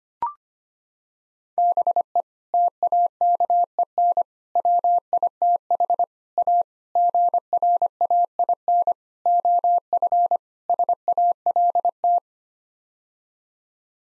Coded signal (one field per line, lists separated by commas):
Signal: Morse code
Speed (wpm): 25 wpm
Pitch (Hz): 700 Hz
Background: none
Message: BE TAKEN WITH A GRAIN OF SALT